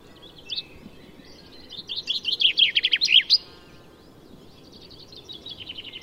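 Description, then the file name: Common chaffinch song: a fast run of high chirping notes lasting under two seconds, with faint birds chirping behind. "Fringilla coelebs"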